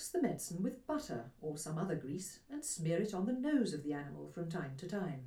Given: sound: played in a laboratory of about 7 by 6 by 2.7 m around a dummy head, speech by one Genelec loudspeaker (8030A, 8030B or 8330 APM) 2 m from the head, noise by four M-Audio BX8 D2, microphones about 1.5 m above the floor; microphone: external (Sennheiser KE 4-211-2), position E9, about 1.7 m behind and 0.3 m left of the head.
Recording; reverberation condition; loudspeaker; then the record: female speech in English; low; 90 degrees to the left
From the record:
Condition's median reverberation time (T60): about 310 ms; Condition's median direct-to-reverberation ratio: about 3.5 dB